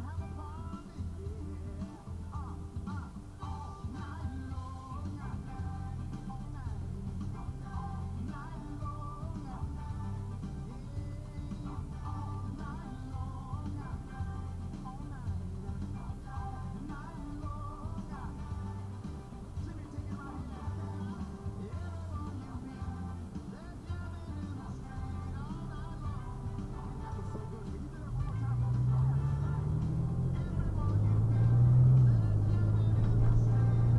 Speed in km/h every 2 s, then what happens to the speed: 0, 0, 0, 0, 0, 0, 0, 0, 0, 0, 0, 0, 0, 3, 16, 29, 44.
0-25 standing. 25-34 pulls away to 44.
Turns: none.